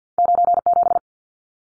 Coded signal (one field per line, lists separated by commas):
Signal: Morse code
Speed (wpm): 50 wpm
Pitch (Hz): 700 Hz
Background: none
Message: 97